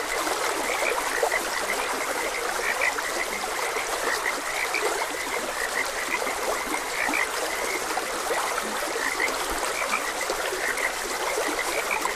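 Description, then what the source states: Frogs croaking in a dense, unbroken chorus with scattered brighter notes, accompanied throughout by the soft roar of flowing water. Frogs croaking beside a gentle stream.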